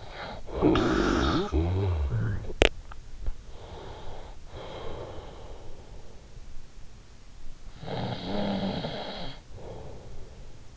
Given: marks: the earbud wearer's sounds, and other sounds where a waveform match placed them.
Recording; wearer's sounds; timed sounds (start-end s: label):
sounds in sleep by an in-ear microphone; snoring breath, teeth grinding, breath
0.00-2.10 s: snoring breath
2.16-3.25 s: teeth grinding
3.25-6.14 s: breath
7.60-10.76 s: snoring breath